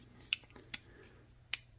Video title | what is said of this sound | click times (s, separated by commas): Comparing My Tisas and Kimber 1911s: You Need To See This | you can hear that click but it is nowhere near as pronounced it | 0.3 s, 1.5 s